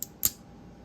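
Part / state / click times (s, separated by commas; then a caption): magnetic puck lock in a folding knife handle / released / 0.0 s, 0.2 s. The magnetic puck lock in a folding knife handle is disengaged to close the blade, giving a sharp click at 0.0 s and a louder click at 0.3 s. The lock releases with a crisp, bright click and then quiet follows.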